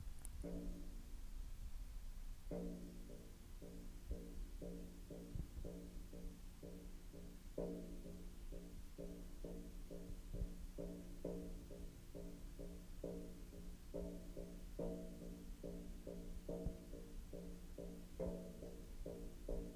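A drum beats a steady, fast pulse of mellow pitched tones, with stronger accents every few seconds over a constant low rumble.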